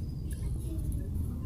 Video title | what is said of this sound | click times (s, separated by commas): Cara Memperbaiki Otomatis Pompa Air Shimizu Jet Pump Kadang Hidup Kadang Mati | jadi pasang sampai klik. Kiri kanan penguncinya sudah nyangkut semua, sudah terkunci bagian kiri dan kanan. | 0.3 s, 0.9 s